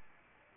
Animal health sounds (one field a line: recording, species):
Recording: mosquito wingbeat signal from an infrared sensor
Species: Anopheles arabiensis